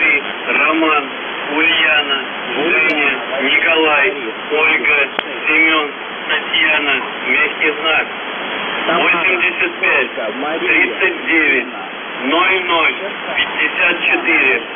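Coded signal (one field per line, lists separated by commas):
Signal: numbers station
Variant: UVB-76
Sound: a man's voice speaking steadily through hissing, band-limited radio noise, with no buzzer heard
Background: radio static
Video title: Uvb 76/ The buzzer voice message January 6, 2022 11:46 UTC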